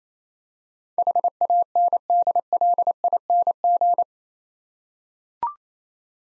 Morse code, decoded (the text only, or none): HANDLING